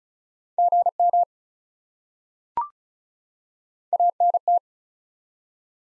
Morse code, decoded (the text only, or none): GM ANT